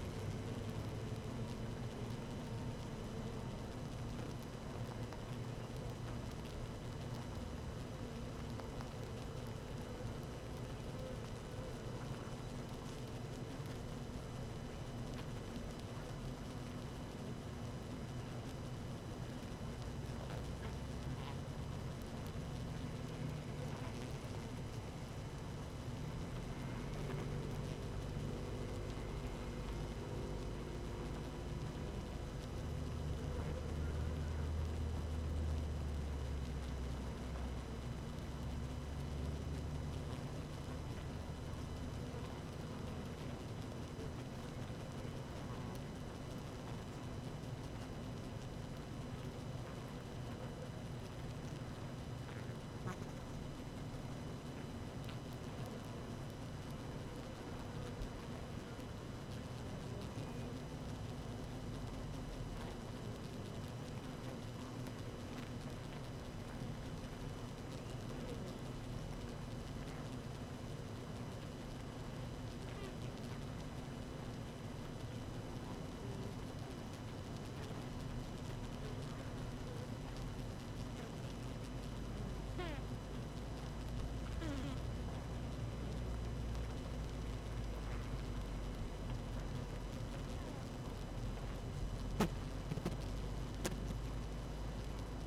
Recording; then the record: honeybee colony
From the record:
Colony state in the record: active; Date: 12 June 2018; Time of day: 17:45